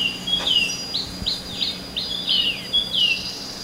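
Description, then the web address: Temminck's babbler uttering a quick series of short, high down-slurred notes against a faint steady hum. "RAFFCNTRE. temminck-at-s babbler"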